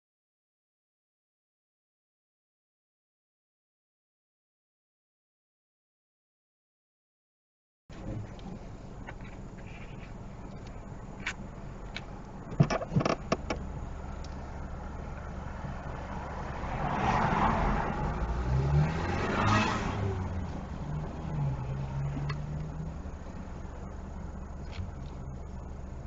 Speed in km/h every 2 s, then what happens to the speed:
0, 0, 0, 0, 0, 0, 0, 0, 0, 0, 0, 0, 0.
0-26 standing.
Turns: none.